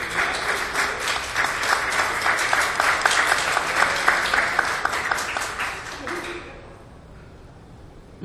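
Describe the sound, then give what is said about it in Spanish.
An audience applauds Deputy Imelda Alejandro de la Garza, member of the Health Commission, at an award ceremony for approval of a law protecting against tobacco smoke exposure, steadily for about six seconds, a dense wash of many hands clapping, then it thins out and fades away, leaving near quiet at the end. “No, sí, tenemos su reconocimiento, un aplauso.”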